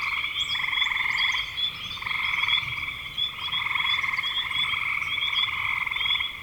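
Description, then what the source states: Frogs croaking in a trilling chorus, rhythmic pulsed bouts with brief dips, plus faint high chirps and a constant high note. Recorded in spring 2025.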